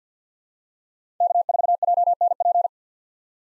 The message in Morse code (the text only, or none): K4JNP